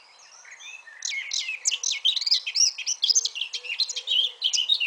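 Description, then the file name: Eurasian blackcap song, quiet at first, then a rich fast warble of looping whistled notes rising in volume. "Sylvia atricapilla"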